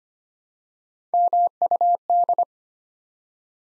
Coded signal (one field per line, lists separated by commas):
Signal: Morse code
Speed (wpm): 25 wpm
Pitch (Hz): 700 Hz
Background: none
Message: MUD